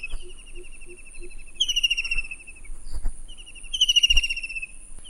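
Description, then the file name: White-throated kingfisher giving rattling, pulsed trills that slide slightly downward, two louder bursts among fainter ones, with a few soft low notes and a steady high insect hiss. "cekakak belukar omkicau"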